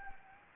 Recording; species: mosquito wingbeat signal from an infrared sensor; Anopheles gambiae